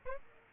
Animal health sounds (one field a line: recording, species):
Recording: mosquito wingbeat signal from an infrared sensor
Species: Aedes aegypti